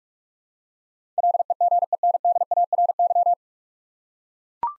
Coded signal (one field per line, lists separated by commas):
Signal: Morse code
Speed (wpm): 44 wpm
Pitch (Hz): 700 Hz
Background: none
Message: LEGENDARY